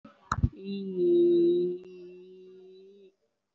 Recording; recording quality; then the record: sustained vowel as in beet; excellent, no background noise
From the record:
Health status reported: COVID-19 positive, no symptoms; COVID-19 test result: positive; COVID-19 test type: RT-PCR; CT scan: taken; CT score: 3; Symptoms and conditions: pneumonia, another respiratory illness, hypertension, diabetes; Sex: female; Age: 68 years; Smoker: no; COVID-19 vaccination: none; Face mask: worn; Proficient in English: yes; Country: India